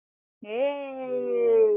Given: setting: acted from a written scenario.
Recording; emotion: vocal sound without words; pride